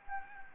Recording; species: mosquito wingbeat signal from an infrared sensor; Anopheles gambiae